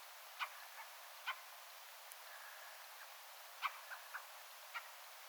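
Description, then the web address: Fieldfare giving short calls at irregular intervals, a few louder and some softer. Attention-seeking call of a fieldfare, with a second and third fieldfare calling in the background; recorded 17 December 2024. "17 12 2024 rakattirastaan huomioaantelya taustalla toinen ja kolmaskin rakattirastas"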